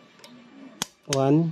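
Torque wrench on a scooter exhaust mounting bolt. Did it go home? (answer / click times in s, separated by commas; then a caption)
yes / 0.8 s. A click-type torque wrench tightens the mounting bolt on the other side of an NMAX scooter's exhaust, set to 20 N·m. A sharp click is heard at 0.8 s, and someone talks right after. The wrench clicks at its setting, confirming the exhaust bolt is at the correct tightness.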